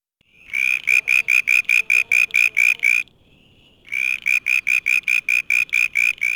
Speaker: That's the sound of a male southern brown tree frog looking for a date.